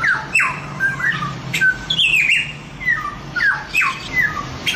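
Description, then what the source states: Chinese grosbeak giving falling whistles and short squawky notes in clustered phrases. Masteran song, used to train other birds to sing; Indonesian name samyong.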